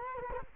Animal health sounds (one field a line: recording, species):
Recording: mosquito wingbeat signal from an infrared sensor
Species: Culex quinquefasciatus